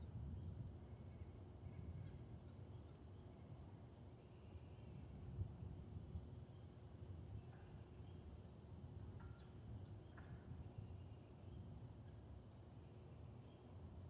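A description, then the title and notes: Spring peepers and other night creatures near a swamp, under a steady low rumble that fills the whole recording. Faint chirps and short calls break through now and then, a few clearer ones around nine and ten seconds, with a thin steady hum throughout. Friday Night, Peepers, Woodcocks & Trains. Recorded in West Kingstown, Rhode Island on Liberty Road near the Great Swamp. Peepers and all the other critters came out.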